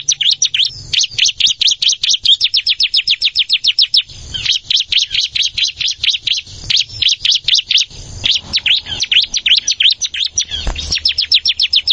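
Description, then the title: Plain prinia song: long runs of rapid, high, sharp notes repeated several per second, pausing briefly a few times before resuming. "Ciblek Sawah"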